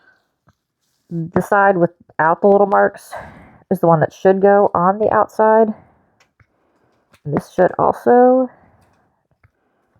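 A new plastic scraper for the printhead cleaning station of an Eufymake E1 UV printer is pressed into its mount with the unmarked side facing outward, while someone talks. A sharp click at 9.4 s marks the scraper snapping into place, and it is confirmed seated.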